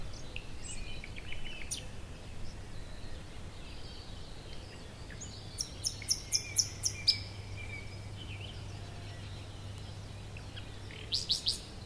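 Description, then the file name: Common nightingale song: scattered faint notes, then a quick series of high repeated pulses midway and a brief burst near the end, over a low steady hum. "Luscinia megarhynchos"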